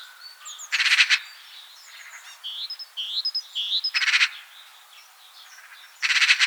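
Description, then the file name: Eurasian magpie uttering loud, dry rattling chatters in three bursts, while other small birds keep up high, sweet chirps and whistles between them. "Pica pica"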